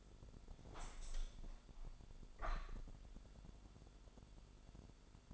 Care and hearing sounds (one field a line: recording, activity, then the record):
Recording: daily activity, microphone in the room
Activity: open window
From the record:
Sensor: 5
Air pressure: 1006.7 hPa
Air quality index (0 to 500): 192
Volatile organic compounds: 5 ppm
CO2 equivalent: 1832 ppm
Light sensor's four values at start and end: 57/161/63/64 and 57/161/63/64